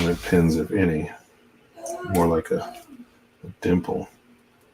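A soft polyethylene poly cap is being handled at the plastic leg joint of a 1984 model kit before being pressed in. Someone talks throughout, with brief quiet gaps between phrases. Nothing has seated or clicked yet.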